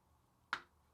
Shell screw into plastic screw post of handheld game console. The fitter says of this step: there we go hear that nice click